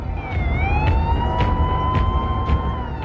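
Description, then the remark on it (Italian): Police car sirens wail in a steady, slowly shifting tone over a heavy engine rumble, punctuated by short, regular bursts as police cars speed past the Texas Movie Theater. “Mentre le auto della polizia sfrecciano di fronte al Texas Movie Theater”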